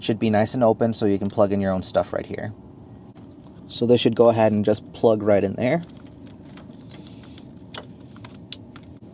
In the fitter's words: nice satisfying click